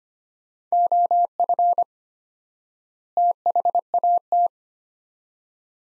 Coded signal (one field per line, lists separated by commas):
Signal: Morse code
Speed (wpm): 25 wpm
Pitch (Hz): 700 Hz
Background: none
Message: OF THAT